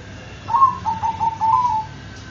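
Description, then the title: Zebra dove coo: one rapid phrase of short, soft notes strung closely together, lasting just over a second. "Suara Perkutut"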